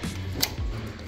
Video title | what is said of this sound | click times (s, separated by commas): How to Replace High Pressure Fuel Pump on Chevy Equinox/GMC Terrain for P0191 - DIY Guide | and put this low pressure lines and you're going to hear a click | 0.4 s